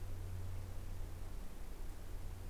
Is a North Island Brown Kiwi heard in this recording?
no